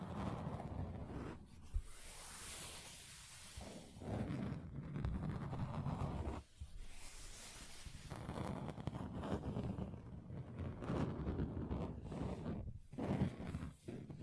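Dense, rapid tapping and rubbing on a table makes a steady low rumble, broken by short pauses and a few sharper knocks.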